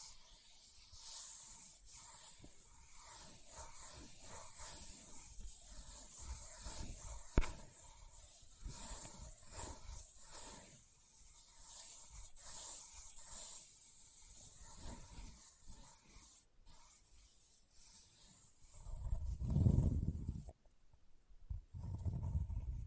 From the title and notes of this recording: ASMR Leather Tapping & Scratching Sounds (No Talking).